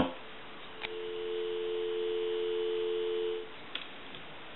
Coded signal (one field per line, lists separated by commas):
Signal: telephone call progress tone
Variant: North America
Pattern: dial tone